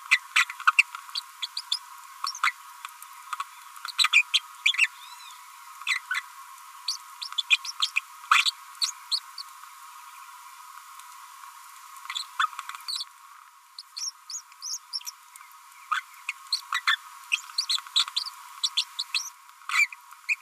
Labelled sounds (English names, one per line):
Green-rumped Parrotlet babbling